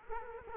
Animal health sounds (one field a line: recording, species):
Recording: mosquito wingbeat signal from an infrared sensor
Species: Culex quinquefasciatus